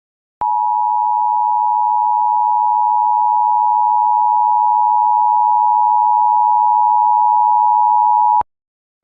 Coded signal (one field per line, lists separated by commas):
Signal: Emergency Alert System (SAME) tones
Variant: 853 and 960 Hz attention tone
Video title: Hawaii Missile Hoax (REMAKE) a EAS scenario